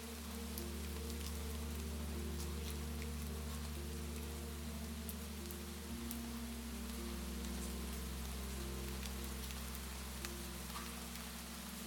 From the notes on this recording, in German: eine beruhigende Melodie, die sich sanft mit den Regentropfen vermischt